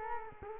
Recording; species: mosquito wingbeat signal from an infrared sensor; Culex quinquefasciatus